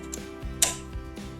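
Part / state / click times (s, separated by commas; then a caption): buttonhole lever on a sewing machine / seated / 0.6 s. The buttonhole lever on a Singer Heavy Duty sewing machine is pulled down until it snaps into place with a sharp click at 0.6 s. A faint tick comes just before, over a steady low hum. The lever is seated.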